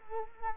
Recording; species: mosquito wingbeat signal from an infrared sensor; Culex quinquefasciatus